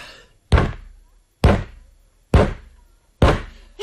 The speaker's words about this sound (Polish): Brawo, brawo! 4 razy kopnął pan nogą w krzesło.